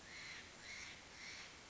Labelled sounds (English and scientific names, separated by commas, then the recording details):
Steller's Jay (Cyanocitta stelleri)
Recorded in Sonoma County, California